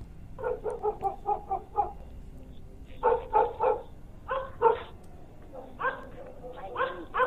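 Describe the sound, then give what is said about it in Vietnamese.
A dog named Mích barks frantically in quick, repeated bursts, sharp mid-pitched yaps coming in rapid clusters with brief pauses between them, loud and agitated throughout, straining hard at its chain toward the chicken coop. “Con mích giằng dây xích dữ dội lắm, nó sủa lên điên loạn như muốn cắn một ai đó.”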